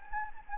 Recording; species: mosquito wingbeat signal from an infrared sensor; Anopheles gambiae